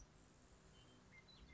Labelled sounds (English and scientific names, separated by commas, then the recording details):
Grasshopper Sparrow (Ammodramus savannarum)
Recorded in Sonoma County, California